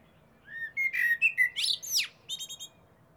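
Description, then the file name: Eurasian blackbird giving smooth flute-like whistles that break into a screechy, wheezy section and a few quick high notes. "Turdus merula"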